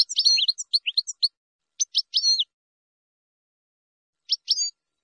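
Finch song: bursts of high, sharp chirps and twisting whistled notes, a busy series at the start, two short phrases near two seconds, and a final phrase after a long pause.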